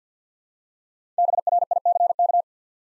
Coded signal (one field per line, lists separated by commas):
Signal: Morse code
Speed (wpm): 48 wpm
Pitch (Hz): 700 Hz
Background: none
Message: BRICK